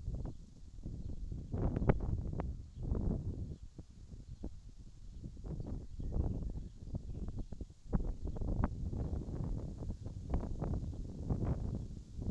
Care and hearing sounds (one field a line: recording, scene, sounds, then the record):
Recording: everyday scene through a hearing-aid microphone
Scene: wind on the microphone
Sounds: wind, birds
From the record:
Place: in front of a rural house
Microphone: in the ear canal, left